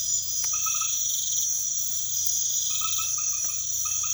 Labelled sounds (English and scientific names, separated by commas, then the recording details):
none
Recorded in pastures near Puerto Asís, Putumayo, Colombia, on 28 February 2025 at 23:30
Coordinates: 0.505, -76.324
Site GP08